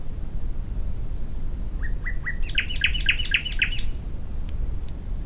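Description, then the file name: Common nightingale song: three short upslurred notes, then a rapid, rattling burst of repeated sharp notes, against a low continuous rumble. "Luscinia megarhynchos"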